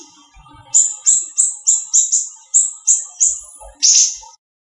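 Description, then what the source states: Greater green leafbird song: after a quiet start, about ten high whistled notes come at a steady pace, ending in one rougher, broader note. Local name Cucak Ijo, variety called daun kecil.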